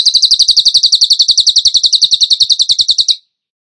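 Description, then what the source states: Bird song: a single fast, high, evenly pulsed trill held for about three seconds before stopping abruptly. Masteran (training song) in tembakan gacor style.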